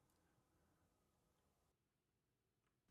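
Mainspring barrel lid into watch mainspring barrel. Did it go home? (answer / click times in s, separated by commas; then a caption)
no / none. With the mainspring arbor back in, the steel lid of a Rolex watch's mainspring barrel is pressed closed with a small tool. Only quiet handling noise and faint ticks over a low hiss are heard, with a brief brighter tap at the very end. The lid has not yet snapped shut, and nothing has seated or clicked.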